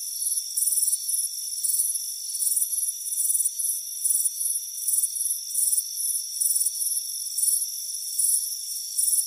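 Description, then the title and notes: Crickets give shrill pulsed chirps at roughly 115 per minute, some bursts louder and some quieter, over a constant high whine. Warm afternoon on a front porch. "Soothing Crickets Chirping Sound. It's a warm afternoon as you relax in a hammock on the front porch. Relax and fall asleep to the soothing sound of chirping crickets. Deep Sleep Sounds"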